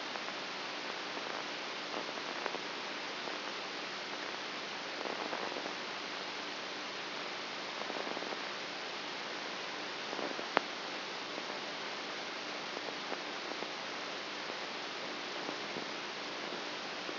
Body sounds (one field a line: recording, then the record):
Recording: brain microelectrode recording played as sound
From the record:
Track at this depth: inside the subthalamic nucleus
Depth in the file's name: 1.24 mm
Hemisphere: right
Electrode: 2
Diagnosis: Parkinson's disease